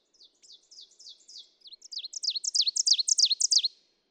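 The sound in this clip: Ovenbird song beginning soft and rising into loud, sharply accented repeated phrases, roughly three per second, ending cleanly.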